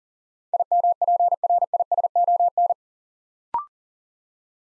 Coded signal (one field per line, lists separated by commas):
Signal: Morse code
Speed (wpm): 40 wpm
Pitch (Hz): 700 Hz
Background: none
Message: IMPRISON